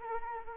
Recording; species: mosquito wingbeat signal from an infrared sensor; Anopheles arabiensis